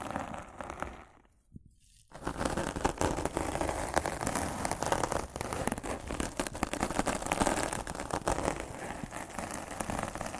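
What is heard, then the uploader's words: Rough scratching and brushing against a microphone, a dense, crackling rasp that fills the lows and highs alike. It starts, drops to near silence with a single low thump around the second mark, then resumes just after two seconds as a continuous, gritty texture with quick irregular scrapes to the end. ASMR Rough Mic Scratching & Brushing (No Talking).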